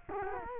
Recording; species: mosquito wingbeat signal from an infrared sensor; Culex quinquefasciatus